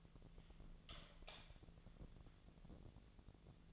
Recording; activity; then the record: daily activity, microphone in the room; light on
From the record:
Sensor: 4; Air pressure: 1000.9 hPa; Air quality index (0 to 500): 123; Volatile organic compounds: 1 ppm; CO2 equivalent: 921 ppm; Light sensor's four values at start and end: 31/74/31/33 and 34/85/35/38